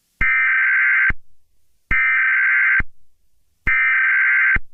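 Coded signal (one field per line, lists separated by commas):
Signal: Emergency Alert System (SAME) tones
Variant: header bursts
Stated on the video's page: Fictional EAS scenario, remastered version.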